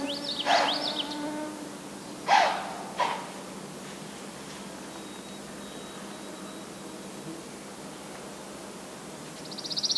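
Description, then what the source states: White-tailed deer snorts: three sharp, breathy blasts in the first three seconds, then quiet with a faint steady hum and a high buzzy trill at the end. Two deer snorting on a bog trail in Schoodic Woods, probably after catching a person's scent, perhaps to signal caution; went on a couple of minutes; 18 June 2019, about 6:21 am.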